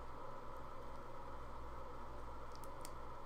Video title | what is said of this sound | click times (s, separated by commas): HG 1/144 GAT-04 Windam Gunpla Hangar Ep. 45 | that there we go and i love that everything snaps into place | 2.9 s